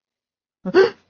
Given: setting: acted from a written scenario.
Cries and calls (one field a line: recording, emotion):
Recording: vocal sound without words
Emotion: negative surprise